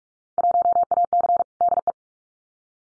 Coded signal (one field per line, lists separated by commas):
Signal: Morse code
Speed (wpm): 46 wpm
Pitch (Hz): 700 Hz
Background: none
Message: 1AC DE